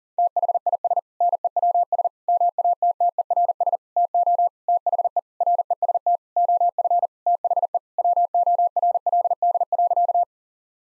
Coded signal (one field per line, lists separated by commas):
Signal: Morse code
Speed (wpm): 40 wpm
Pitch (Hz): 700 Hz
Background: none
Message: THIS NEWS MATTERS TO THE REST OF THE WORLD.